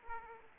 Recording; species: mosquito wingbeat signal from an infrared sensor; Aedes aegypti